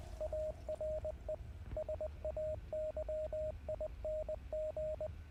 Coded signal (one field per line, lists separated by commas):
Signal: Morse code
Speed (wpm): 20 wpm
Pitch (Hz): 620 Hz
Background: radio noise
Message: ARE SAYING